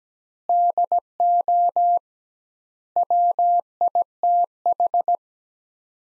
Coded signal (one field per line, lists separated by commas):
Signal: Morse code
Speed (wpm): 17 wpm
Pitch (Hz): 700 Hz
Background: none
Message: DO WITH